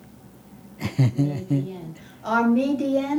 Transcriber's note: she laughs